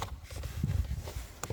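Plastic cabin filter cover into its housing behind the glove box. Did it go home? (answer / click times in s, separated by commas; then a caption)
no / none. A plastic cabin filter cover is being handled and pushed back onto its housing behind the glove box of a Hyundai i40, giving short soft plastic knocks and brief sharp taps. The clip ends just before the cover goes home, and nothing has clicked into place yet.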